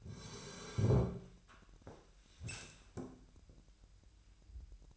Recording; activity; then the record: daily activity, microphone in the room; sit down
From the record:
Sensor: 2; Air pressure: 1001.8 hPa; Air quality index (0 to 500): 237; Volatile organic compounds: 68 ppm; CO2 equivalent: 3498 ppm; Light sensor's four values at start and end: 7/15/6/7 and 8/19/8/8